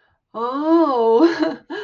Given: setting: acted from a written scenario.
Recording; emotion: vocal sound without words; elation